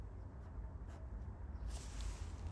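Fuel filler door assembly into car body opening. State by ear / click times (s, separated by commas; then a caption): not seated / none. A replacement plastic fuel filler door assembly for a 2017–2019 Buick LaCrosse is lined up by its locking tabs and pushed toward the car body opening, with low rumbling handling noise, soft rubbing and a brief faint tap around 2.0 s. The clip ends before the door goes home; nothing has seated or clicked yet.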